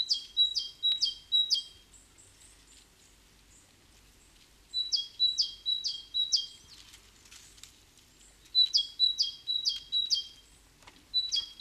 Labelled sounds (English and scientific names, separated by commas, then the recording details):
Great Tit (Parus major) song
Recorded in the wild
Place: Locarno, Tessin, CH
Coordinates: 46.1872, 8.7925
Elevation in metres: 1035
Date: 1978-03-10
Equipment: Uher 4000 Report
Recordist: Tretzel, Erwin